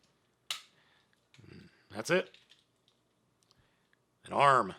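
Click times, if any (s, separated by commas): 0.5 s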